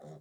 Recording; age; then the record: pig call; piglet (1 to 25 days)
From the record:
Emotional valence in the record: negative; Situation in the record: long isolation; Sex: female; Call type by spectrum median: low-frequency call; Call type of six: low-frequency stable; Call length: 0.21 s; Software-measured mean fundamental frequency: 52 Hz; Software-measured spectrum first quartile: 173 Hz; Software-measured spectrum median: 373 Hz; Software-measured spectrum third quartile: 642 Hz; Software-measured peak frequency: 521 Hz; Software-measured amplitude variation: 88 dB a second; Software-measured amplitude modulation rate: 26.4 a second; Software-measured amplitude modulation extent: 3.3 dB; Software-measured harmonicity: 1.4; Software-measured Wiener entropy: 0.17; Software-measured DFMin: 1032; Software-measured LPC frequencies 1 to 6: 571, 1846, 3568, 5541, 6726, 8581 Hz